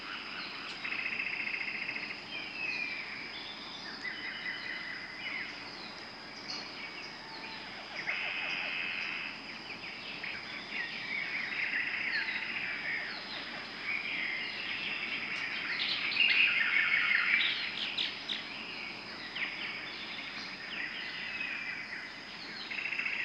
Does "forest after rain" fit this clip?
yes